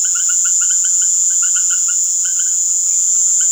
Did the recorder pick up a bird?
no